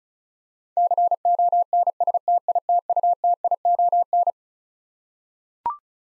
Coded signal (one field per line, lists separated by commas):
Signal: Morse code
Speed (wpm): 36 wpm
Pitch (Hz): 700 Hz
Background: none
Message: CONSTITUTION